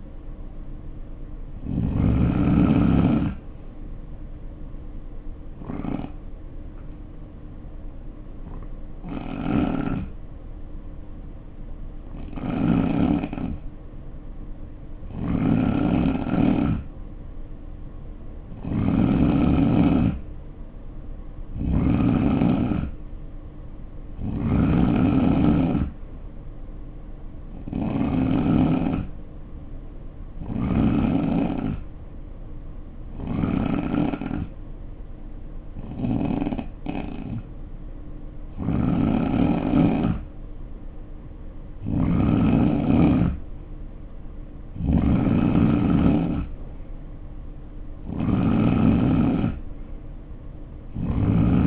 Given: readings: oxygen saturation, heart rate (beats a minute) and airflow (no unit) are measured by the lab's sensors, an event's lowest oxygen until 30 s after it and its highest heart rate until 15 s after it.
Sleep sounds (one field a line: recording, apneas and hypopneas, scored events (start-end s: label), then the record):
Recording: breathing in sleep by a smartphone at the bedside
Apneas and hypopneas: 2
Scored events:
7.00-21.00 s: hypopnea (N3, oxygen 92% highest, then 87% lowest, heart rate 61 at the start, 68 highest)
33.00-45.20 s: hypopnea (N3, oxygen 90% highest, then 87% lowest, heart rate 68 at the start, 69 highest)
From the record:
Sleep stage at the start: N3 (deep sleep)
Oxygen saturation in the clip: 87 to 92%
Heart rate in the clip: 60 to 69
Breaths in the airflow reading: 15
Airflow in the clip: -4.9 to 3.4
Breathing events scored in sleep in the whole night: 520 in 7.2 hours asleep